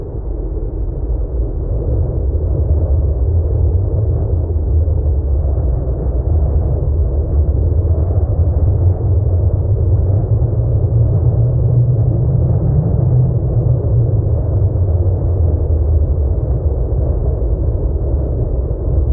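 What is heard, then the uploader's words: Deep, steady wind roars without a break, heavy in the low end with a dark rumbling body and almost nothing bright on top. The level holds constant throughout, swelling slightly around the middle with a deeper gust before settling back. Deep Arctic Wind. Wind & Storm.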